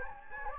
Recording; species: mosquito wingbeat signal from an infrared sensor; Anopheles gambiae